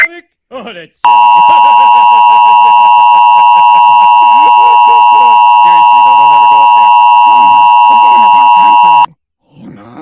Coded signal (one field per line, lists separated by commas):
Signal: Emergency Alert System (SAME) tones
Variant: 853 and 960 Hz attention tone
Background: speech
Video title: EAS Scenario 1 - Lost In Silence